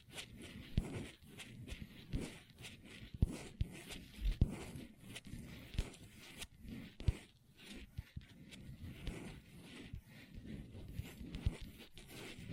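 Long nails tap and scratch across a table in an irregular, busy pattern, with sharp clicks scattered throughout and a few louder taps near 3, 4.5 and 7 seconds. Between the taps, soft scraping fills the gaps, giving a dry, restless texture.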